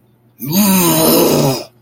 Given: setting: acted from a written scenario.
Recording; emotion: vocal sound without words; contempt